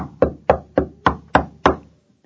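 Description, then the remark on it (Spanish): Six firm, evenly spaced knocks on the wooden door of a house, each a sharp thud with a short ringing decay, followed by silence. “Poco después, el enanito llegaba a casa de la ranita y llamó a la puerta.”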